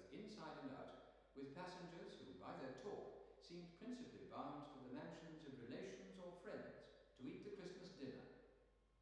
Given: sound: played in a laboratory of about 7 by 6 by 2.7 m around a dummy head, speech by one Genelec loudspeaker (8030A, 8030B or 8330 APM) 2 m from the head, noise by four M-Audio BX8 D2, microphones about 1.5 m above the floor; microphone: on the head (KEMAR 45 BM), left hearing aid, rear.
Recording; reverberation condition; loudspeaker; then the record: male speech in English; high; 150 degrees to the right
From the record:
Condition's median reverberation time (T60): about 1300 ms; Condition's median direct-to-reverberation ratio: about -4.0 dB